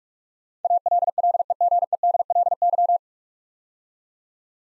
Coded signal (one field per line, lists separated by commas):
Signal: Morse code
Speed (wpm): 44 wpm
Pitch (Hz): 700 Hz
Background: none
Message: ALLEGEDLY